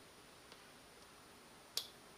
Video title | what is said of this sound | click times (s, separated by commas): 3DR Solo UpGrades!! M8N GPS and Antenna Shield!! PT 1 | Wait until you hear that snap. | 1.8 s